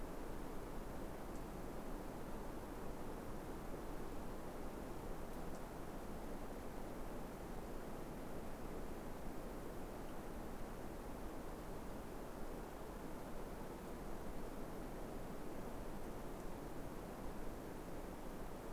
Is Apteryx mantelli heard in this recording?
no